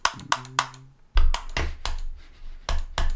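Sharp, irregular clicks of a mouse and keys on a computer, about a dozen over a few seconds, with a brief low hum early on and a steady low rumble underneath after the first second.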